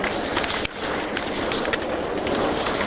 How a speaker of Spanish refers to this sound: Bueno, aquí se escucha como un tecleo de máquinas de escribir, porque era donde se clasificaban las noticias, ¿no? Aquí clasificaban las noticias. Sí, acá había traductores, había una especie de elaboración de las noticias internacionales.